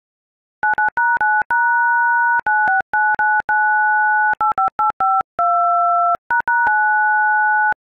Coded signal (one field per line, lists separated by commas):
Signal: DTMF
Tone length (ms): 230 ms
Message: 9#9#969985852##9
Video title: Happy Halloween, Playing GhostBusters on Iphone Keypad, @LoveuAshraf #shorts #ghostbusters